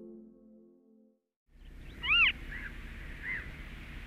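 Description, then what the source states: Western Marsh Harrier call: after a second of low droning tones and a short silence, one loud thin mewing call arching up then down, then a fainter call, over steady hiss. Nature sound of the week; in Finland nests in dense reed beds of lakes and sea bays, breeding there only about a hundred years.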